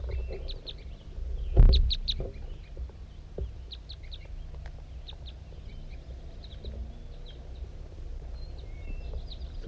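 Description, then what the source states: Crossbill toop calls, short high chirping notes scattered throughout, with a loud thump near the start and low rumbling background noise. Bird 5-3 on a hilltop tooping at 8:21 as a wild male crossbill comes in and circles around.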